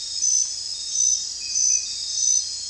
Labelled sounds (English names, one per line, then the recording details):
none
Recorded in dense forest near Puerto Asís, Putumayo, Colombia, on 21 December 2024 at 00:30
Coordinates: 0.467, -76.328
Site GP05